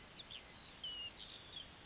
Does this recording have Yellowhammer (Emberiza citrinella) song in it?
no